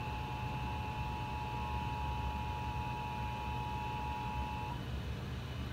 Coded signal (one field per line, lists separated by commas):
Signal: Emergency Alert System (SAME) tones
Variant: 853 and 960 Hz attention tone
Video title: Monthly Tests for August on WFAA-TV and KXAS-TV (EAS #47-48)